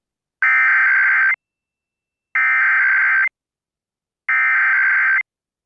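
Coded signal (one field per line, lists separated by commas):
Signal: Emergency Alert System (SAME) tones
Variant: header bursts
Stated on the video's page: Minnesota statewide Required Monthly Test of the Emergency Alert System, aired on an FM station.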